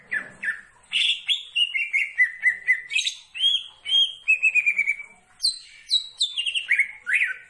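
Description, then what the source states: Leafbird pouring out a nearly continuous song of slurred whistles and chattering notes, many phrases falling in pitch, with quick repeated trills. Singing actively (gacor).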